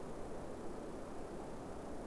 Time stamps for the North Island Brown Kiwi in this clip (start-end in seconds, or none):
none